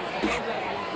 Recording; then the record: coughing mixed with background sound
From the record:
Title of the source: 61 morning phlegmy cough...again